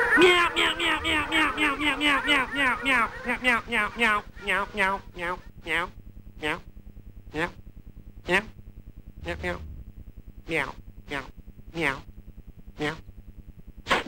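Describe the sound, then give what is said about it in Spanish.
A radio station separator jingle: a dense burst of overlapping, meow-like sweeping calls that thins into single short chirps spaced a second or so apart, fading in loudness toward the end. “Nos vamos con un separador y algún tema que esté bueno.”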